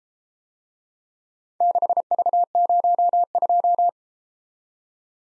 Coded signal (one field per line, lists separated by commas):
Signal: Morse code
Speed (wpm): 32 wpm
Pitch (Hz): 700 Hz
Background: none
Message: 6V02